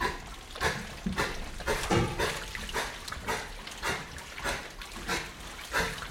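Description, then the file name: Pig grunts, short low snorting sounds mixed with repeated wet squelching and splashing of mud, in frequent bursts with no steady rhythm. Pigs moving about in wet mud inside a shed, grunting as they move. "pigs movement wet mud inside shed with grunts"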